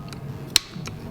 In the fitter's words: And you hear it pop, and that's when you're at torque.